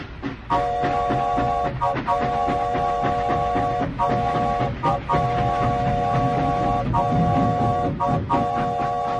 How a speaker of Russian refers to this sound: Конечно, это было чистой случайностью, но пронзительный вой стравливаемого через свисток пара, казалось, окончательно взбесил бесчинствующую на станции неведомую стихию.